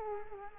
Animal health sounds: mosquito wingbeat signal from an infrared sensor; Culex quinquefasciatus

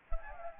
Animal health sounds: mosquito wingbeat signal from an infrared sensor; Anopheles gambiae

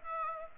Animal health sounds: mosquito wingbeat signal from an infrared sensor; Aedes aegypti

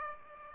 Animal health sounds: mosquito wingbeat signal from an infrared sensor; Aedes aegypti

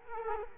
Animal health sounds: mosquito wingbeat signal from an infrared sensor; Culex quinquefasciatus

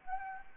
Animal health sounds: mosquito wingbeat signal from an infrared sensor; Anopheles gambiae

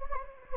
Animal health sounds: mosquito wingbeat signal from an infrared sensor; Anopheles gambiae

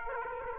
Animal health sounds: mosquito wingbeat signal from an infrared sensor; Aedes aegypti

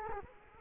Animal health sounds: mosquito wingbeat signal from an infrared sensor; Culex quinquefasciatus

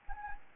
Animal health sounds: mosquito wingbeat signal from an infrared sensor; Anopheles gambiae

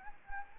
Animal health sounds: mosquito wingbeat signal from an infrared sensor; Anopheles gambiae

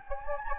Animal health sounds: mosquito wingbeat signal from an infrared sensor; Anopheles gambiae

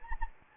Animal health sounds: mosquito wingbeat signal from an infrared sensor; Anopheles gambiae

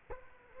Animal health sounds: mosquito wingbeat signal from an infrared sensor; Culex quinquefasciatus

